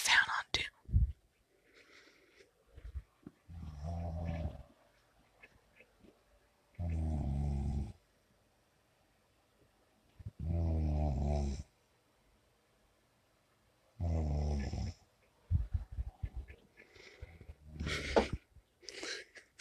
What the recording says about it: I'm recording on my phone. My boyfriend snores like a bear. Also have a fan too. So that's him snoring.